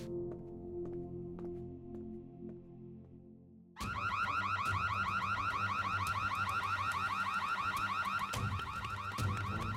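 After a few seconds of low humming with faint clicks, a backup alarm abruptly starts blaring: a loud, high, warbling electronic wail that keeps cycling steadily to the end.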